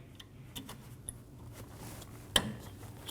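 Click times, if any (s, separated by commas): 1.1 s, 2.4 s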